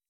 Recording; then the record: hydrophone in a shrimp aquaculture tank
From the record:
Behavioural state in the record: weakened